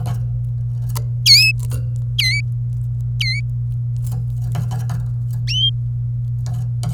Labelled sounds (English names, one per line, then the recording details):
Domestic Canary song
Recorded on 26 April 2018 at 16:08
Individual llb3